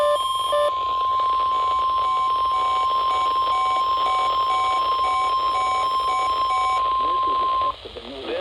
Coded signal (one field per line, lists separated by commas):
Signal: Emergency Alert System (SAME) tones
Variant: 1050 Hz attention tone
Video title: A TEST OR AMBER... EAS Test Alerts From July 2026 (EAS#6,358 - 6,392)